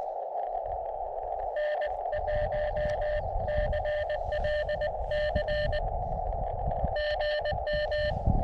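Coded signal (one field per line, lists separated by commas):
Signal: Morse code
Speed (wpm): 20 wpm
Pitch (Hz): 600 Hz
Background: radio noise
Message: N1CLC GM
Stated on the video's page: Morse heard during a Summits On The Air activation of three summits in Arizona's White Mountains.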